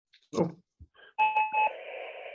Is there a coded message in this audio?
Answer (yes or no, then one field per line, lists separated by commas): no